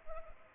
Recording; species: mosquito wingbeat signal from an infrared sensor; Anopheles arabiensis